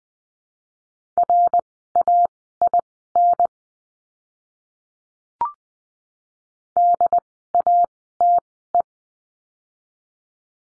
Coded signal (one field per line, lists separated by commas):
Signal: Morse code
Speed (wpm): 20 wpm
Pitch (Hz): 700 Hz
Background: none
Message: RAIN DATE